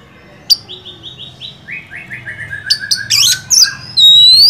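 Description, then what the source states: Oriental magpie-robin song: a quick descending run of clear whistled notes, then harsh, scratchy notes and upward-sweeping whistles. Champion (juara) kacer song, used to train other songbirds (masteran).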